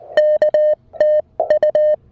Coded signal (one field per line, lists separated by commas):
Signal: Morse code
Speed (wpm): 19 wpm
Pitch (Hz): 590 Hz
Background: music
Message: K TU